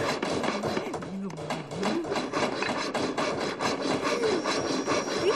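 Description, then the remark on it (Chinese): Continuous renovation noise: rhythmic rasping saw strokes keep going over dense scraping and banging, loud and steady throughout, with a few faint voice-like tones mixed in. “喂，唔好揼啦噃！家阵系咪装修大晒啊？”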